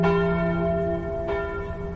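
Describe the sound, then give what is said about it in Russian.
Church bells, three of them in the belfry of a wooden church, ring out with rich, sustained metallic tones that hum and slowly decay, then a fresh strike brightens the ringing partway through. No voices are heard. “Крепкое строение, за которым явно ухаживали, венчалось блеснувшими в солнечном свете куполами, а в окнах звонницы виднелось аж три колокола.”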